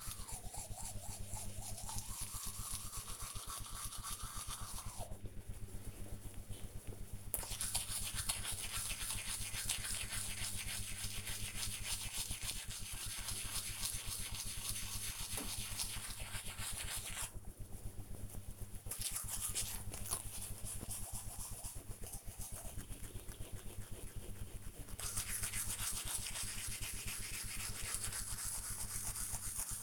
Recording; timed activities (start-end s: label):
household activities, microphone on the right wrist
0.00-29.83 s: brushing teeth